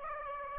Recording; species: mosquito wingbeat signal from an infrared sensor; Aedes aegypti